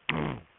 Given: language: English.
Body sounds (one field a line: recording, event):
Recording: throat vibration sensor signal played as sound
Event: throat clearing